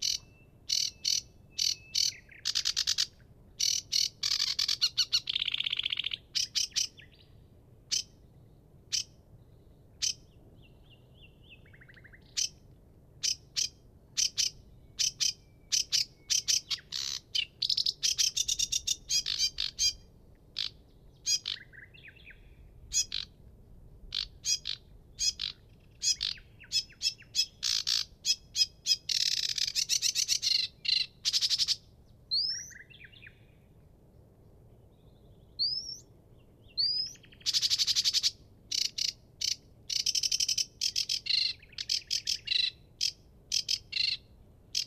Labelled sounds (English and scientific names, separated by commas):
Sedge Warbler (Acrocephalus schoenobaenus) song